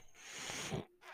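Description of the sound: A steady, airy hiss rises and lasts about two-thirds of a second, then drops to near quiet before starting again. This is a home mechanical ventilator delivering a breath, the ordinary sound of the machine running.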